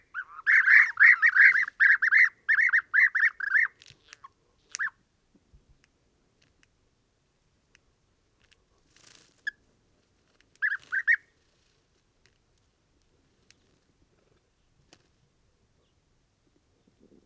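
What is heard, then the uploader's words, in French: European bee-eaters give rapid, rolling calls in a dense burst for the first four seconds, then only brief call bursts near eleven seconds amid quiet. Dortoir de Guêpier d'Europe - Mauritanie. Oasis Mayateg - Adrar - Mauritanie - Tlp7 - Mixpre 3. Les Guêpiers d'Europe (Merops apiaster) commencent une prè-migration et se rassemblent le soir pour dormir, ici, dans un très grand acacia. Je vais les rencontrer le soir puis le matin à leur réveil.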